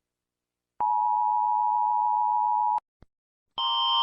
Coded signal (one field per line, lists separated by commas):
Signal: Emergency Alert System (SAME) tones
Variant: 853 and 960 Hz attention tone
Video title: Rating Emergency Alert Systems (Part 1)